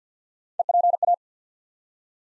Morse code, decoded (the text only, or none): EPA